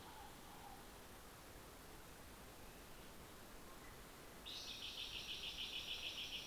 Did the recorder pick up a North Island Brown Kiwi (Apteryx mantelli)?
no